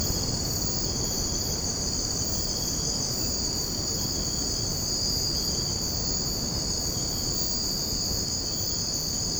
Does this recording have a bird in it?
no